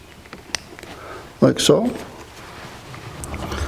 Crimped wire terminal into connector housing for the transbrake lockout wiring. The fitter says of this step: till it clicks, like